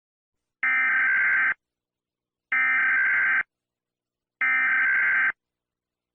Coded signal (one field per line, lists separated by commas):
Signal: Emergency Alert System (SAME) tones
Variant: header bursts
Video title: EAS Scenario #9 The Finale (The Longest Eas Scenario Video Ever)